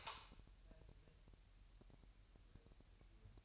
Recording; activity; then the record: daily activity, microphone in the room; light on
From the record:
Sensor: 2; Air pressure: 1001.8 hPa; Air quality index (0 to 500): 247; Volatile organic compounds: 35 ppm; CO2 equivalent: 3064 ppm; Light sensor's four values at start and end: 4/9/4/4 and 9/25/10/10